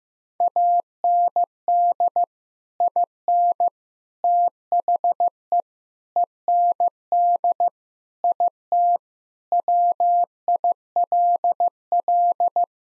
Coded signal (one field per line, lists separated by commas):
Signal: Morse code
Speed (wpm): 16 wpm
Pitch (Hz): 700 Hz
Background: none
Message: AND IN THE END IT WILL